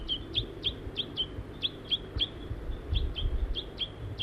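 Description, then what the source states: Crossbill calls, clipped metallic chips given in a rapid, slightly uneven series of about three per second. Female and juvenile present while feeding; crossbill family in Virginia and Table Mountain pines.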